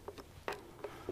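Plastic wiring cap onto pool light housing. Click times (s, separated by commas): 0.5 s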